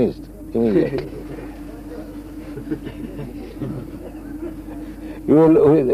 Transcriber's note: laughter